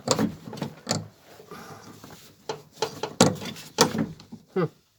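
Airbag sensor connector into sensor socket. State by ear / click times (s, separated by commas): seated / 3.2 s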